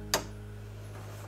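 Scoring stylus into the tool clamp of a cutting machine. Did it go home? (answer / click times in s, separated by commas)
yes / 0.1 s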